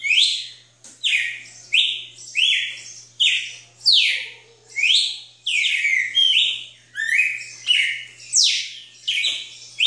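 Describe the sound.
Red-cowled cardinal song: loud, clear whistled phrases, many sliding downward, delivered in a quick series over a faint low hum.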